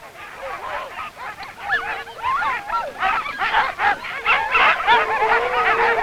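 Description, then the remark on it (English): A pack of sled huskies barks and yelps at once, a dense, overlapping chorus of high, excited cries with rising howl-like whines, steady and loud for the whole six seconds. “Huskies have run right through the adventurous history of Antarctica, and following behind these faithful dogs, men have explored a continent.”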